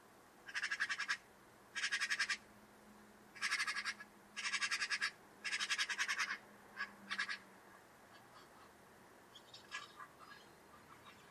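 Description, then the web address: Bird rattle calls: five long, dry, buzzing rattles, followed by fainter scattered harsh notes, with a low hum underneath. "Deverinetal 2025 File origin Bird Only"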